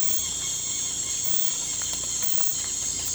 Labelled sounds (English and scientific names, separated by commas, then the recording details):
none
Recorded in pastures near Puerto Asís, Putumayo, Colombia, on 18 December 2024 at 01:00
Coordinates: 0.466, -76.322
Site G040